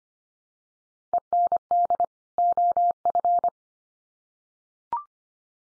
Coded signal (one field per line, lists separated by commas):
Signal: Morse code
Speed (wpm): 25 wpm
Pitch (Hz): 700 Hz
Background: none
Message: END OF